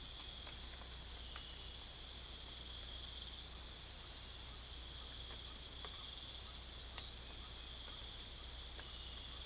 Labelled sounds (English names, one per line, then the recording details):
none
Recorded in pastures near Puerto Asís, Putumayo, Colombia, on 21 December 2024 at 04:00
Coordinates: 0.487, -76.322
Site GP09